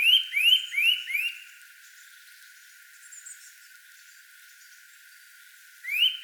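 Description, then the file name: Eurasian nuthatch giving four quick, rising whistled notes at the start, a long quiet stretch, then one more upslurred note at the end. "Sitta europaea"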